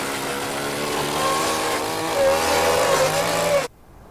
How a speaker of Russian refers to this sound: В ход пошла бензопила. Режут комод пополам.